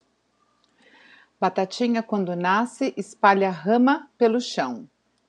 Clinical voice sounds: short text; Brazilian Portuguese; female; 50 to 59 years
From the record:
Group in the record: control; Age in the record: 51 years

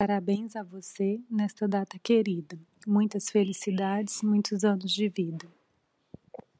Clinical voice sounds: short text; Brazilian Portuguese; female; 30 to 39 years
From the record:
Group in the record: control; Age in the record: 37 years

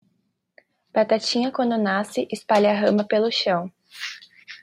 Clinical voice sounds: short text; Brazilian Portuguese; male; 50 to 59 years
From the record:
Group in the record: control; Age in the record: 54 years

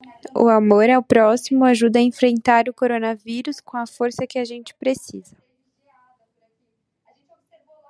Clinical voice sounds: spoken sentence; Brazilian Portuguese; female; 30 to 39 years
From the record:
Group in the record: control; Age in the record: 30 years

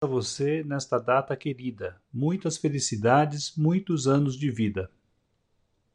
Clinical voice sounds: short text; Brazilian Portuguese; male; 50 to 59 years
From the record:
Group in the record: control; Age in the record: 54 years

